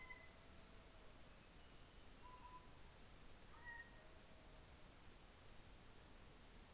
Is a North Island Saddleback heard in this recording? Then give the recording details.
no. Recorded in New Zealand on 24 December 2018. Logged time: 15:05